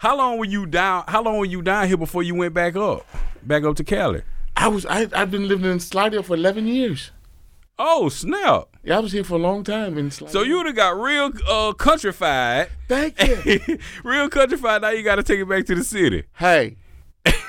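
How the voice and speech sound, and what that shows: Relaxed, fluent conversational speech between adult men with a Southern US accent; ordinary voice quality.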